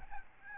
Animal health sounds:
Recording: mosquito wingbeat signal from an infrared sensor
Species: Aedes albopictus

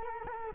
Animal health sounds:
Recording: mosquito wingbeat signal from an infrared sensor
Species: Culex quinquefasciatus

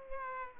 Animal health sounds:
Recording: mosquito wingbeat signal from an infrared sensor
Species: Culex pipiens

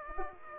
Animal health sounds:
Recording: mosquito wingbeat signal from an infrared sensor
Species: Aedes aegypti

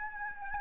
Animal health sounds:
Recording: mosquito wingbeat signal from an infrared sensor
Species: Aedes albopictus

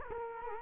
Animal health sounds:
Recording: mosquito wingbeat signal from an infrared sensor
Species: Culex quinquefasciatus

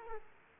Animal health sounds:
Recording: mosquito wingbeat signal from an infrared sensor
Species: Aedes aegypti

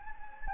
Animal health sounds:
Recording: mosquito wingbeat signal from an infrared sensor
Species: Anopheles gambiae

